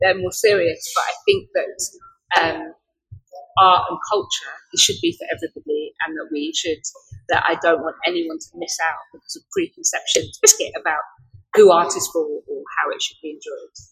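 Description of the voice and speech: Fluent adult female speech broken once by an out-of-place word, 'biscuit': an involuntary vocal tic of Tourette syndrome, a neurological condition causing uncontrollable movements and noises called tics.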